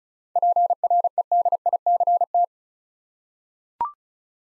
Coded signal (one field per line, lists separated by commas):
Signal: Morse code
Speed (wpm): 36 wpm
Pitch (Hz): 700 Hz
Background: none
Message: PREDICT